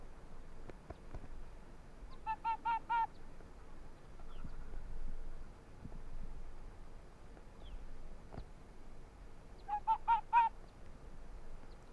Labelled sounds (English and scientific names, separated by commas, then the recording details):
Arctic Fox (Vulpes lagopus)
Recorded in the wild
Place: Insel Mednyi, Kommandeur-Inseln, RU
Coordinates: 54.5167, 168.083
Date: 1999-07-29 18:48
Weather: 10°C, dichter Nebel, schwacher Westwind
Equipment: Sony WM-D6C, Sennheiser ME 80, K 30 AV, Windkorb, Kopie Tascam DA 30
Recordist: Jakupi, Antje